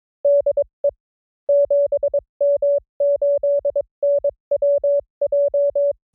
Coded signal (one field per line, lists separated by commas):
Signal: Morse code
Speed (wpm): 22 wpm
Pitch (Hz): 570 Hz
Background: none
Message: DE 7M8NWJ